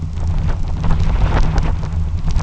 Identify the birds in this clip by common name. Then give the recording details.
none. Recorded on Arctic tundra, site UTQI-2, on 12 June 2019. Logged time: 04:00